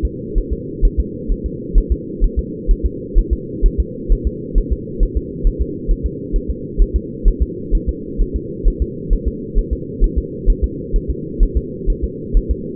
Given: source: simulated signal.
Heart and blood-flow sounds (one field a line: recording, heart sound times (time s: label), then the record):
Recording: fetal heart sounds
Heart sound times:
0.05 s: S2
0.38 s: S1
0.53 s: S2
0.85 s: S1
1.00 s: S2
1.32 s: S1
1.46 s: S2
1.78 s: S1
1.92 s: S2
2.24 s: S1
2.39 s: S2
2.71 s: S1
2.86 s: S2
3.18 s: S1
3.33 s: S2
3.66 s: S1
3.80 s: S2
4.12 s: S1
4.27 s: S2
4.58 s: S1
4.73 s: S2
5.03 s: S1
5.17 s: S2
5.47 s: S1
5.62 s: S2
5.91 s: S1
6.06 s: S2
6.36 s: S1
6.50 s: S2
6.82 s: S1
6.96 s: S2
7.28 s: S1
7.42 s: S2
7.75 s: S1
7.89 s: S2
8.21 s: S1
8.36 s: S2
8.68 s: S1
8.82 s: S2
9.13 s: S1
9.28 s: S2
9.59 s: S1
9.73 s: S2
10.04 s: S1
10.18 s: S2
10.50 s: S1
10.64 s: S2
10.96 s: S1
11.10 s: S2
11.43 s: S1
11.57 s: S2
11.90 s: S1
12.04 s: S2
12.37 s: S1
12.51 s: S2
From the record:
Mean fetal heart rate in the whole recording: 130 bpm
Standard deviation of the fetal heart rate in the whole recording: 4 bpm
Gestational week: 38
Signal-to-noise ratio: -4.1 dB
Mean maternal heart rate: no maternal heart sound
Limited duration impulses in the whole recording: absent